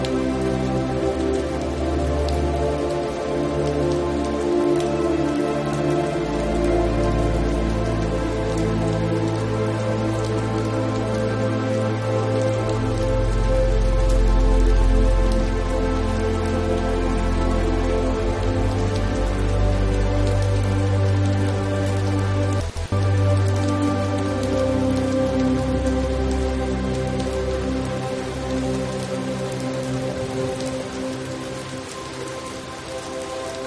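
Steady rain hisses throughout over a deep, humming rumble of thunder that swells around fifteen seconds, with one sharp crack near twenty-three seconds.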